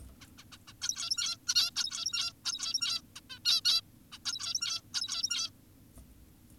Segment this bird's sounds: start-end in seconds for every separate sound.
0.21-0.27, 0.38-0.44, 0.52-0.58, 0.68-0.73, 0.82-1.37, 1.48-1.54, 1.55-1.71, 1.77-2.33, 2.45-3.02, 3.16-3.21, 3.30-3.39, 3.45-3.61, 3.65-3.81, 4.12-4.18, 4.26-4.82, 4.94-5.50